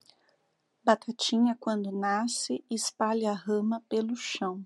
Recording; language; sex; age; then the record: short text; Brazilian Portuguese; female; 40 to 49 years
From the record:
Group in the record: control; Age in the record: 41 years